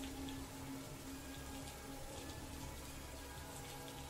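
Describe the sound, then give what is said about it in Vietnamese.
Steady rain from a rain shower pours down in a continuous, even hiss of drops, with a low rumble underneath and no voices or breaks in the sound. “Cơn mưa rào đến nhanh rồi cũng tạnh nhanh.”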